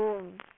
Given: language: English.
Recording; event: throat vibration sensor signal played as sound; speech